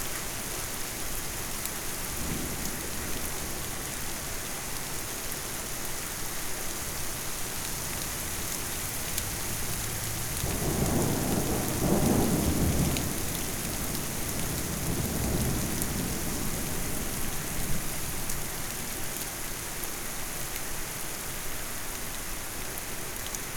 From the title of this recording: Distant Thunderstorm